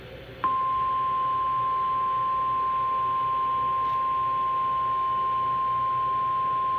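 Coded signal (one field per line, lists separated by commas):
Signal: Emergency Alert System (SAME) tones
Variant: 1050 Hz attention tone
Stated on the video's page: Real Colorado weather alerts, including tornado, flash flood and severe thunderstorm warnings.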